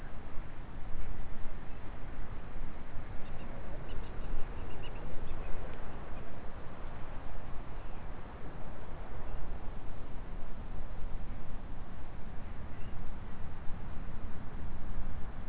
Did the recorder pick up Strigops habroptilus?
no